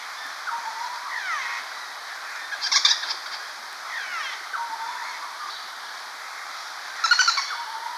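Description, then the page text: Common flameback with two brief, fast, dry rattles several seconds apart, while other birds whistle and chirp steadily throughout. "Common Flameback Calls. Quick Sounds"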